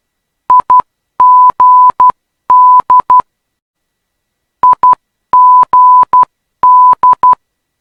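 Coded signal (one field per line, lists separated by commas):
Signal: Morse code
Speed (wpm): 12 wpm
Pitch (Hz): 1000 Hz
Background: none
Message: IGD IGD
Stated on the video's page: Morse ident of the Perth ILS/localizer for runway 21, an aviation navigation aid.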